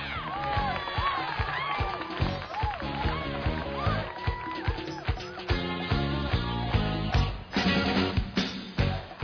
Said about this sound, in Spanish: Ya llegaron los invitados y recibimos con un fuerte aplauso. Sí, estamos llegando, ¿no?